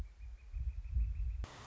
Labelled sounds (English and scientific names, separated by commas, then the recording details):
Northern Flicker (Colaptes auratus)
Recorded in Sonoma County, California